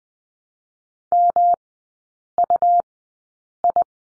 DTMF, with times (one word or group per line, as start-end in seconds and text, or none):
none